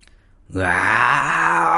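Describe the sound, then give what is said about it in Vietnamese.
A deep, loud, angry roar erupts after a brief quiet moment and holds steady for over a second, rough and growling with a low pitch, apparently a human voice imitating a beast. “Sau đó thì mọi người liền nghe thấy tiếng gầm giận dữ và ánh mắt nhìn lại.”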